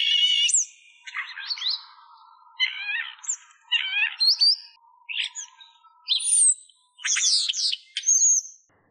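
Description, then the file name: Common starling singing a varied, scratchy warble of rising whistles, chattering notes and clicks, delivered in quick bursts with short pauses between them. "L'étouneau sansonnet - Damien Drillet"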